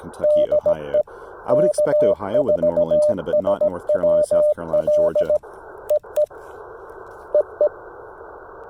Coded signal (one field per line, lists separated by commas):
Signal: Morse code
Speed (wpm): 18 wpm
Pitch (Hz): 600 Hz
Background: speech, radio noise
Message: DE K4SWL EE EE